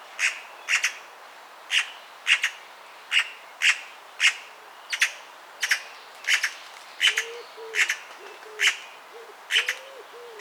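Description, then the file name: Eurasian magpie uttering a steady series of harsh chattering notes, some doubled, about every half second, with a soft low hooting sound joining in near the end. "Pica pica"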